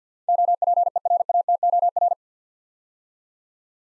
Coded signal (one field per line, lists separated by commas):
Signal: Morse code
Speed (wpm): 47 wpm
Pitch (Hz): 700 Hz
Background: none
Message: OPERATOR